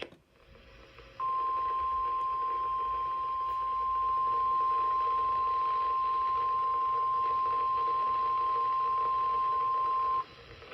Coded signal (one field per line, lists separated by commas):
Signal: Emergency Alert System (SAME) tones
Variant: 1050 Hz attention tone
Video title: TESTCEPTION - EAS Test Alerts from 3/15 to 5/17/2023 (EAS #276-286)